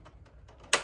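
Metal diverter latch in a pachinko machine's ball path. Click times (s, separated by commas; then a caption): 0.7 s. A small metal ball diverter latch in the ball path of a 1975 Nishijin vintage pachinko machine, "The Train," is pushed over by hand. After a few faint soft taps, a sharp, loud metallic click at 0.7 s marks it locking into place. The latch is seated so the balls go toward the jackpot instead of down the exit chute.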